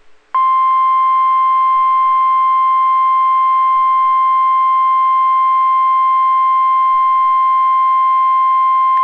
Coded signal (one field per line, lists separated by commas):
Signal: Emergency Alert System (SAME) tones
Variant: 1050 Hz attention tone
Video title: EAS Tornado Warning WNG676 8/14/20 7:17 PM (19:17)